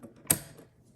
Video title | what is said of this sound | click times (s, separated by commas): How to Make Boho Celestial Coasters Using Cricut Infusible Ink! Bohemian Inspired Home Decor DIY! | and when you're using the explorer series or the maker you want to place it until it clicks | 0.3 s